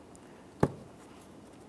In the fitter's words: After an audible click, a light tug, it should not fall out of place.